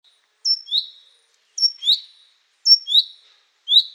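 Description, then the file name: Common chaffinch calls: a two-part note, a high clipped whistle dropping into a lower upswept chirp, repeated about once a second. "Fringilla coelebs"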